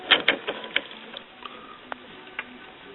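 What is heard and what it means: Continuous-ink-system cartridges for Canon MX892, MX882, MG8220, MG8120, MG6220, MG6120 and MG5320 printers are lined up and pressed down one after another into the inkjet printer carriage. Sharp plastic clicks land at 0.3 s and 0.8 s amid softer rattling and a few faint ticks. The cartridges click in and are seated.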